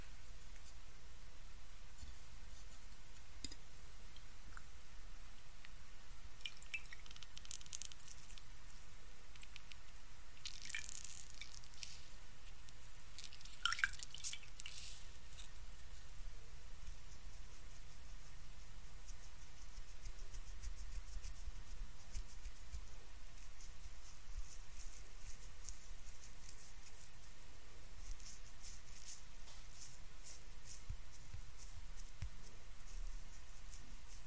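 Quiet face-treatment sounds: soft wet dabbing and brushing in bursts, a sharper tap near fourteen seconds, over a low steady hum.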